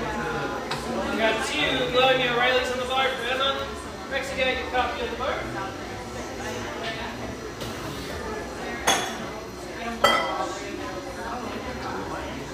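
Café chatter of overlapping voices runs steadily throughout, with sharp clinks of dishes around nine and ten seconds and a low background hum.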